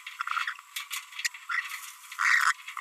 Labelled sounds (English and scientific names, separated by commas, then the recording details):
Green-rumped Parrotlet (Forpus passerinus) babbling
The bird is a female
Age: 30 days
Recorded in a nest box in Venezuela
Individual 17B42B1